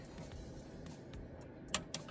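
The latch on the second, smaller ribbon cable connector on a Porsche PCM3.1 head unit board is lifted and clicks open at about 1.8 s, releasing the cable. A second, slightly softer tick follows at about 1.9 s over a steady low background hiss.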